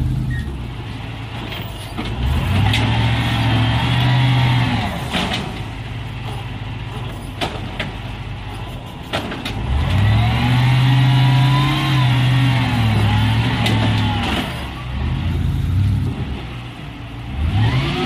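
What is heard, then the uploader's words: A garbage truck's engine runs low and heavy, revving up in two long swells, around 2.5 to 5 seconds and again from 10 to 14 seconds, with rising and falling whine above. Short clanks and knocks punctuate the steady rumble throughout. Garbage Trucks.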